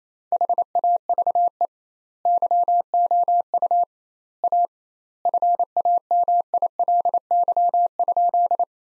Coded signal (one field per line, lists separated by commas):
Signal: Morse code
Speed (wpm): 28 wpm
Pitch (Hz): 700 Hz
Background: none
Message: HAVE YOU A FAMILY?